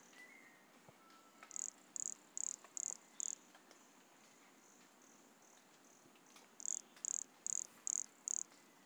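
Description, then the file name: Pumpkin toadlet giving two bursts of five sharp, very high-pitched notes each, evenly spaced, with faint whistles and hiss behind. Recorded at Monte Crista, Brazil, in November 2016, with the animal 100 cm from the microphone. "Brachycephalus sulfuratus Monte Crista 100 cm from microphone Luiz Fernando Ribeiro NOV-2016"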